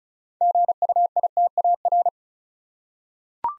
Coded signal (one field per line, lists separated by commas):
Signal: Morse code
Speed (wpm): 35 wpm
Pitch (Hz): 700 Hz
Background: none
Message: GUITAR